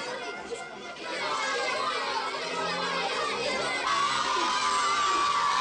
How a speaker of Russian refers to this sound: Дети возмущенно галдят.